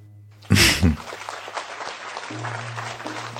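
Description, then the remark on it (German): A sharp loud burst opens into a steady wash of crowd clapping, many hands patting in a dense, crackly texture that holds at moderate level to the end, with a low hum underneath. “Ist der Applaus schon durch?”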